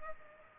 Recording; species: mosquito wingbeat signal from an infrared sensor; Culex pipiens